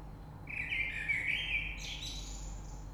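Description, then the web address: Common blackbird song: one low, fluty warbled phrase that ends in a thin, high, squeaky twitter, with a faint background hum. Recorded 3 March 2020. "oiseaux Rush Merle 3-3-2020"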